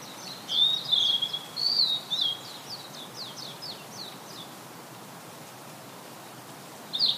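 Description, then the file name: Blue-and-white flycatcher song, a loud whistled phrase with slurred notes, alongside a run of quick repeated falling chirps, then another note starting at the very end. "oruri"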